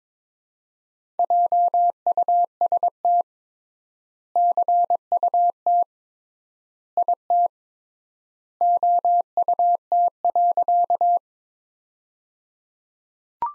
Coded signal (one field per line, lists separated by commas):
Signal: Morse code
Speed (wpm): 22 wpm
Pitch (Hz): 700 Hz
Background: none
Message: JUST CUT IT OUT.